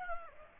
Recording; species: mosquito wingbeat signal from an infrared sensor; Aedes aegypti